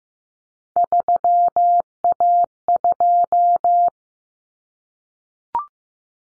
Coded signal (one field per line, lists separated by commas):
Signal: Morse code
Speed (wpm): 15 wpm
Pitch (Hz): 700 Hz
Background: none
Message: 3A2